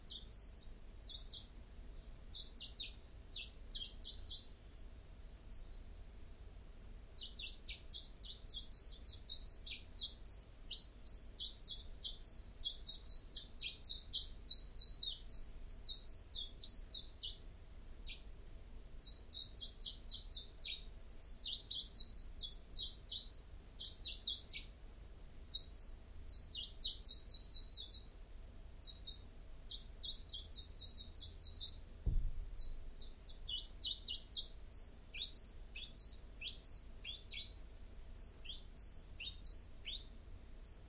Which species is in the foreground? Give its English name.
Common Chiffchaff